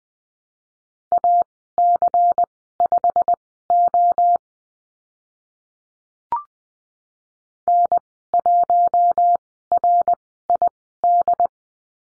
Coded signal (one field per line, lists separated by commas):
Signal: Morse code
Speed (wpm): 19 wpm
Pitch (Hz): 700 Hz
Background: none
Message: AC5O N1RID